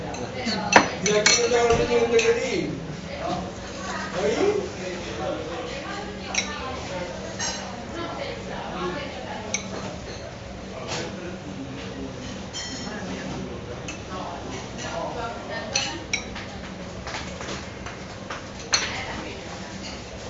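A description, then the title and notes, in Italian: Chatter fills a bar in Barcelona, a steady overlapping murmur of many voices with no single speaker standing out for long. Dishes, glasses and cutlery clink throughout, with sharper knocks near the start, around four seconds and again near nineteen seconds. In un bar di Barcellona. L’esotico cicalecchio di un bar di Barcelona.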